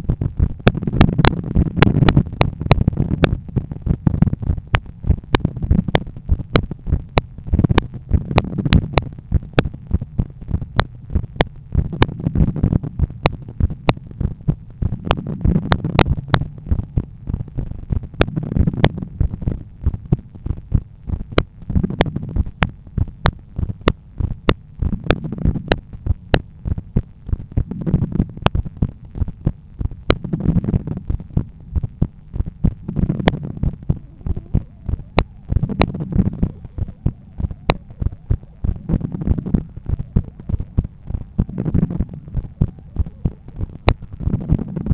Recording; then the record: heart sounds by stethoscope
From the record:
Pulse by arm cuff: 101 bpm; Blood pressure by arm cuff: 146/90 mmHg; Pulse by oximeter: 97 bpm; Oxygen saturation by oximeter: 97%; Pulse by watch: 96 bpm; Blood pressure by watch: 130/85 mmHg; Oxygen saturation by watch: 95%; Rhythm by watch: sinus rhythm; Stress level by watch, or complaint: medium stress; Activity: after 5 min smoking and 1 beer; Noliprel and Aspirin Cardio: no pills today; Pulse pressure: 56 mmHg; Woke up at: 7:30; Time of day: 17:02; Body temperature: 36.4 C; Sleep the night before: 9 h 22 min, score 68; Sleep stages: REM 22%, light 66%, deep 4%, awake 8%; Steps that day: 11800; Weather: sunny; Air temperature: 21 C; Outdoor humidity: 67%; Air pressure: 1015 hPa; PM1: 4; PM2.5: 6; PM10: 8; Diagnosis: hypertension, treated with Noliprel and Aspirin Cardio 100 mg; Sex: male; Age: 53 years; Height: 174 cm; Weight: 81 kg